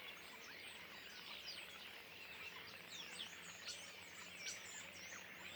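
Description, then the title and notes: Common starlings chattering together, continuous high twittering and whistling, unbroken throughout. Flock perched in trees beside the Louroux pond, Le Louroux, Indre-et-Loire, France; recorded in ORTF stereo with Sennheiser MKH8020 microphones and a Sound Devices MixPre-6 II. "Le Louroux, Loches, Indre-et-Loire, Centre-Val de Loire, France métropolitaine, 37240, France - étourneaux sansonnet dans les arbres. Nuée d'étourneaux posés dans un arbre aux abords de l'étang du louroux"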